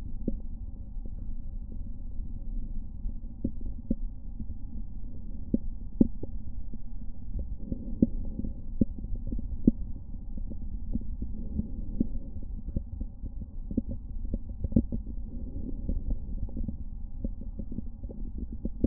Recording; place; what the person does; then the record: lung sounds by stethoscope; right anterior apical chest; quiet breathing, then deep breathing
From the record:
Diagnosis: interstitial lung disease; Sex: female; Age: 53 years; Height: 168 cm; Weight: 108 kg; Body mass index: 38.3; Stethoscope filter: diaphragm mode